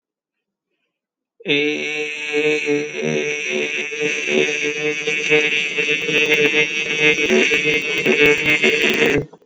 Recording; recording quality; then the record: sustained vowel as in made; excellent, no background noise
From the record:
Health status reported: healthy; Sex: male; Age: 25 years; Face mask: not worn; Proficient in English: yes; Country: United States